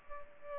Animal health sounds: mosquito wingbeat signal from an infrared sensor; Culex pipiens

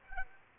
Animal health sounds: mosquito wingbeat signal from an infrared sensor; Aedes aegypti

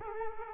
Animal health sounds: mosquito wingbeat signal from an infrared sensor; Culex quinquefasciatus

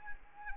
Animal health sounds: mosquito wingbeat signal from an infrared sensor; Anopheles arabiensis

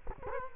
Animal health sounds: mosquito wingbeat signal from an infrared sensor; Culex quinquefasciatus

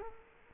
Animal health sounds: mosquito wingbeat signal from an infrared sensor; Culex quinquefasciatus

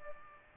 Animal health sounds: mosquito wingbeat signal from an infrared sensor; Aedes aegypti

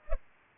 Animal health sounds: mosquito wingbeat signal from an infrared sensor; Culex pipiens

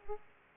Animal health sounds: mosquito wingbeat signal from an infrared sensor; Aedes aegypti

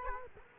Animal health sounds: mosquito wingbeat signal from an infrared sensor; Culex quinquefasciatus

